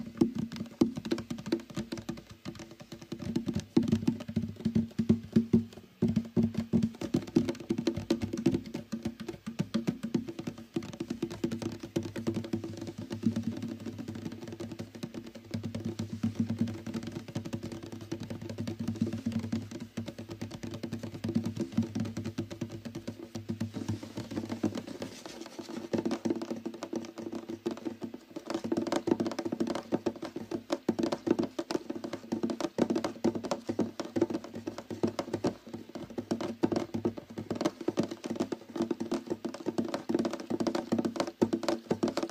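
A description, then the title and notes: Fast, dense tapping on a guitar runs throughout, over steady low ringing strings that thin out around twenty-five seconds before returning. Fast tapping and stringing his guitar.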